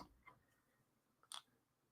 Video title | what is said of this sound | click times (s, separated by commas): Figure-Rise Standard Ultraman Suit Darklops Zero LIVESTREAM (Gunpla Hangar Ep. 125) | And it locks in place. | 1.3 s